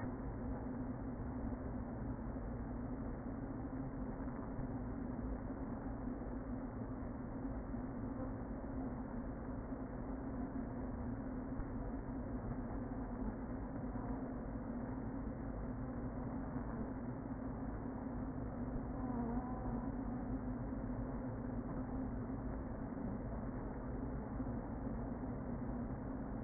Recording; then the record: honeybee colony, microphone inside the hive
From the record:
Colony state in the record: queen present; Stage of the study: before two queens were removed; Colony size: about 60,000 bees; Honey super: yes